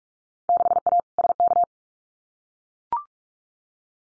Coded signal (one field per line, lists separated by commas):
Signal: Morse code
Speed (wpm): 44 wpm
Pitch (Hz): 700 Hz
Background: none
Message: 6A SK